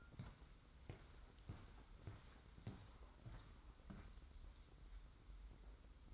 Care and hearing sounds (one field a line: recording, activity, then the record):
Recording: daily activity, microphone in the room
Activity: walk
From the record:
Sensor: 3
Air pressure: 990.6 hPa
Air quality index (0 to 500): 170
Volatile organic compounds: 1000 ppm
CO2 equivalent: 5519 ppm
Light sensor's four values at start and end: 39/92/37/36 and 36/87/35/33